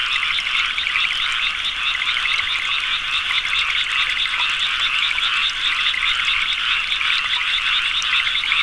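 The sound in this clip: Many frogs calling at once, a steady buzzing chorus of quick pulsed notes without any break.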